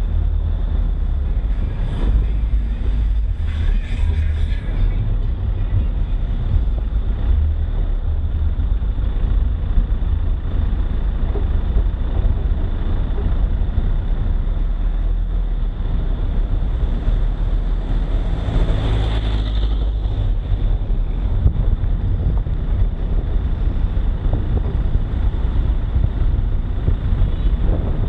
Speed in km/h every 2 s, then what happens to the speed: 23, 23, 22, 22, 21, 20, 21, 23, 24, 25, 24, 22, 22, 23.
0-28 steady at about 22.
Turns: none.